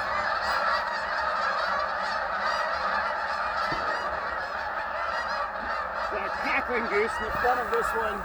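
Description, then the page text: Canada goose: canada geese honking as a dense, continuous clamor of many overlapping nasal calls, with a few louder individual honks standing out near the end. Recorded in Maryland. "Maryland Biodiversity. Canada Goose ( Branta canadensis )"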